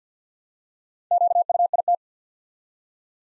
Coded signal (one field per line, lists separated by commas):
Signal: Morse code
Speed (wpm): 50 wpm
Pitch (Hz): 700 Hz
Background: none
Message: QUIT